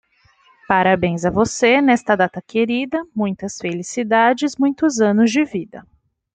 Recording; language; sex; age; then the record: short text; Brazilian Portuguese; female; 20 to 29 years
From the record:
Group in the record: control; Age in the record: 27 years